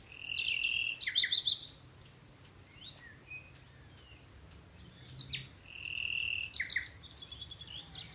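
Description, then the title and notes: Common nightingale song of sharp chirps and clear level whistles, with quieter pauses between phrases. Nightingales singing from thickets in a Dorset wood, evening as the dew falls, Alners Gorse nature reserve run by Butterfly Conservation, Dorset. "Sound Escape 11: the glorious song of nightingales from a Dorset wood. it's evening at Alners Gorse, a nature reserve in Dorset run by Butterfly Conservation. As the dew falls, the extraordinary song of nightingales rises from the thickets. Recorded by Martin Maudsley"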